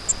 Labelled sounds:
Grace's Warbler flight call

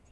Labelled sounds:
Lucy's Warbler flight call

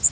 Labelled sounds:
Yellow Warbler flight call

